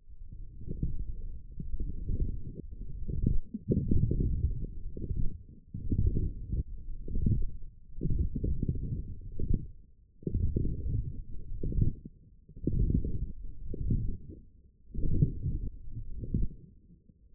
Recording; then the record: forearm muscle sounds (acoustic myography)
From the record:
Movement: forearm pronation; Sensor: system 1, eight BSWA MPA416 microphones around the upper forearm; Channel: 2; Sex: male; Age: 20 years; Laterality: left